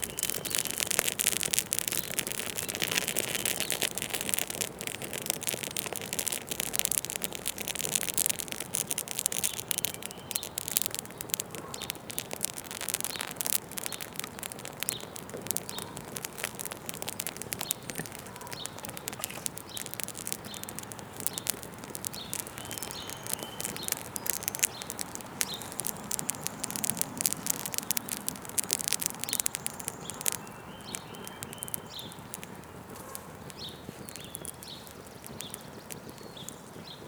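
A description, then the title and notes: Embers in a backyard fire pit crackle and tick in dense, irregular bursts over a steady low hiss, easing slightly after thirty seconds. Easter Fire. Today, I recorded the sound of a small fire that I put together with my wife and father-in-law. The wind was blowing and I saw that there were some embers still burning in the fire pit in the backyard!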